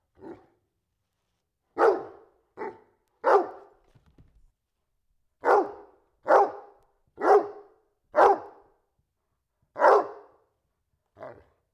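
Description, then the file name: Dog barking in loud, clipped single barks, around ten of them at uneven intervals, beginning with a quieter bark and a short pause. Dog barking indoors. "Digiffects Sound Effects Library - Dog Barking Indoors"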